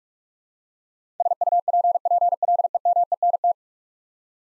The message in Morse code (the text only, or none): SUPPLEMENT